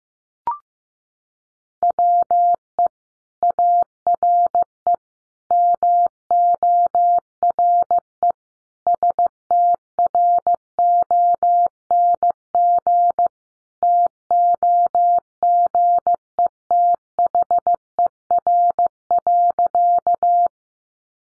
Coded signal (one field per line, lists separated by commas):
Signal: Morse code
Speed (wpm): 15 wpm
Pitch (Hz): 700 Hz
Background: none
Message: WE ARE MORE STRONG TOGETHER.